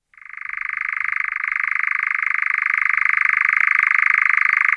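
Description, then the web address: European nightjar churring: a steady, fast, mechanical rattling trill that quickly builds up and holds an even pitch throughout. Churring, not a songbird's song; likened to a jammed piston. "hangalbum. lappantyu"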